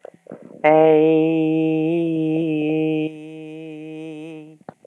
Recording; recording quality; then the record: sustained vowel as in made; excellent, no background noise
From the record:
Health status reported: exposed to COVID-19, no respiratory illness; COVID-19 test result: negative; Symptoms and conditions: fatigue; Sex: female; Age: 47 years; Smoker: yes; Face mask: not worn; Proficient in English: yes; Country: France